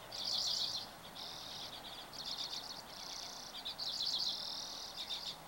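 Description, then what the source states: Birds giving dense buzzy trills and rapid chirping almost without pause, phrases flowing one into the next at a high pitch. Recorded 24 April 2023.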